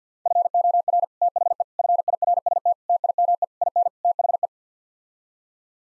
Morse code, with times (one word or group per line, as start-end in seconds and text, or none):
0.3-1.0 FOR
1.2-1.6 THE
1.8-2.7 FIRST
2.9-3.4 TIME
3.6-3.9 IN
4.0-4.5 THE